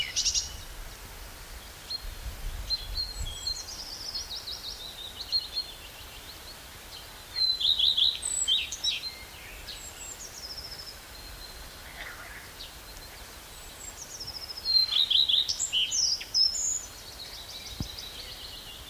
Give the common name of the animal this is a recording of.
Common Redstart